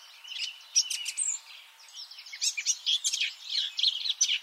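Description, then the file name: Eurasian blackcap giving a short, chattering warble of squeaky and buzzy notes over a light background hiss. "Sylvia atricapilla"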